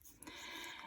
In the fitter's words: The alcohol ink will dry if it's left open, so you always want to make sure that you close your pen and you hear the click.